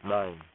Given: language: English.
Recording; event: throat vibration sensor signal played as sound; speech